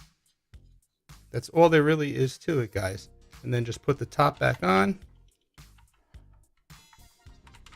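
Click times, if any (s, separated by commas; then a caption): none. Someone talks while handling the plastic top cover of a Tablo Quad DVR, getting ready to put it back on the case. Faint taps and light plastic knocks come after the talking. Nothing has seated or clicked into place yet.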